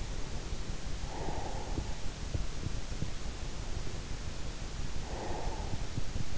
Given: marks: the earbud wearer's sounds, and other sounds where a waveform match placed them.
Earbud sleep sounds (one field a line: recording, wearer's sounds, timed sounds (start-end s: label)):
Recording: sounds in sleep by an in-ear microphone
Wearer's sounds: breath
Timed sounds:
0.92-2.09 s: breath
4.82-6.38 s: breath